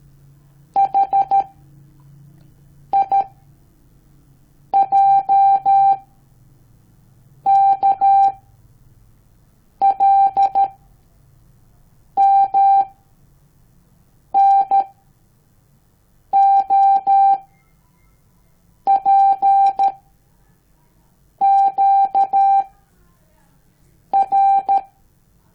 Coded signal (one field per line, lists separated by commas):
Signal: Morse code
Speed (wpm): 13 wpm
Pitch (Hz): 790 Hz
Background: none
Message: H I J K L M N O P Q R